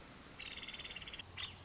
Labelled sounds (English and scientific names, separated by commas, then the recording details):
Nuttall's Woodpecker (Dryobates nuttallii)
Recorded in Sonoma County, California